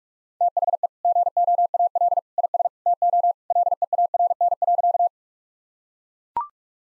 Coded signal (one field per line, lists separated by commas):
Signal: Morse code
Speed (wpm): 43 wpm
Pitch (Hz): 700 Hz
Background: none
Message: THE GOAL IS TO LEARN.